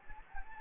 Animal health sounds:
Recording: mosquito wingbeat signal from an infrared sensor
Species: Anopheles gambiae

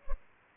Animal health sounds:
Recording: mosquito wingbeat signal from an infrared sensor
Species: Culex pipiens

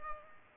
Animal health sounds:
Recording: mosquito wingbeat signal from an infrared sensor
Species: Culex pipiens

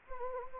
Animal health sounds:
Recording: mosquito wingbeat signal from an infrared sensor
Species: Anopheles gambiae

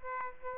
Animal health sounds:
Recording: mosquito wingbeat signal from an infrared sensor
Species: Aedes aegypti

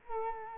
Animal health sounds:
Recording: mosquito wingbeat signal from an infrared sensor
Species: Culex quinquefasciatus

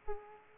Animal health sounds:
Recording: mosquito wingbeat signal from an infrared sensor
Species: Aedes aegypti

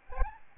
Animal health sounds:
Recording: mosquito wingbeat signal from an infrared sensor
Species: Aedes albopictus

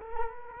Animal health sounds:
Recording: mosquito wingbeat signal from an infrared sensor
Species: Culex quinquefasciatus

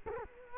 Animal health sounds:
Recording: mosquito wingbeat signal from an infrared sensor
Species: Culex quinquefasciatus

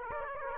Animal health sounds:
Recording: mosquito wingbeat signal from an infrared sensor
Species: Aedes aegypti

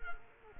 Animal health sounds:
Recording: mosquito wingbeat signal from an infrared sensor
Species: Culex quinquefasciatus

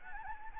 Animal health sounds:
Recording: mosquito wingbeat signal from an infrared sensor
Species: Anopheles gambiae

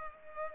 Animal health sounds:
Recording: mosquito wingbeat signal from an infrared sensor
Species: Culex pipiens

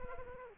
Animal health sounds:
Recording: mosquito wingbeat signal from an infrared sensor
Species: Aedes aegypti

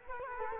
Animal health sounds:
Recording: mosquito wingbeat signal from an infrared sensor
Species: Culex quinquefasciatus

